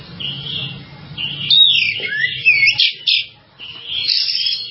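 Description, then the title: Java sparrow twittering: a drawn-out run of ringing, sliding chirps that rises and falls, pauses briefly, then resumes more softly, with low hum behind. "kicau gelatik"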